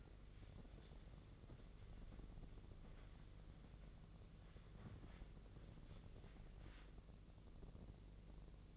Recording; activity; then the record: daily activity, microphone in the room; wipe stove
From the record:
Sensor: 4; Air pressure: 1013.2 hPa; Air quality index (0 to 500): 177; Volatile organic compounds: 2 ppm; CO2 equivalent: 1116 ppm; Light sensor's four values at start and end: 97/243/101/107 and 97/244/101/107